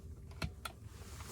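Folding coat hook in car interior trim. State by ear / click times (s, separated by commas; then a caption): seated / 0.4 s, 0.7 s. A fold-out coat hook in the rear cabin trim of a 2022 Tesla Model Y Dual Motor is snapped back into its stowed position. Two sharp plastic clicks are heard at 0.4 s and 0.7 s over a low interior hum. The hook seats in place.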